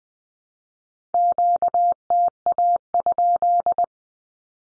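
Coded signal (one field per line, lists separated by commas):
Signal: Morse code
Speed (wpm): 20 wpm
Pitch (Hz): 700 Hz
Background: none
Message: QTA?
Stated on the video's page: 20wpm practice drill of Q-codes, each sent three times in Morse as statement or question, then sent again.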